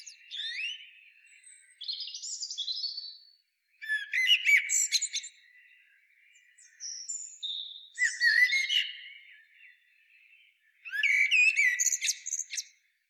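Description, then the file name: Common blackbird singing repeated phrases, fluty notes ending in thin squeaky twitters, several bursts with short gaps between them. "Turdus merula"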